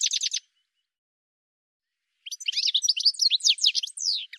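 Bird giving a brief burst of sharp high notes, then after a pause a rapid two-second phrase of chirps and steep downslurred whistles.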